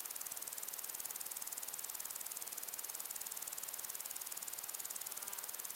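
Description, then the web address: Cricket trilling: rapid, evenly spaced high pulses run throughout, partly buried under a strong, steady hiss of wind. Crickets in windy long grass. "beanstalk-audio Crickets and insects in windy long grass"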